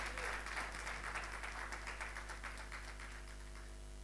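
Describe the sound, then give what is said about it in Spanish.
A church audience applauds the Lord with dense, steady clapping that stays fairly even before thinning out slightly toward the end, no voices standing out. “Vamos a aplaudirlo porque la presencia de Dios está en este lugar.”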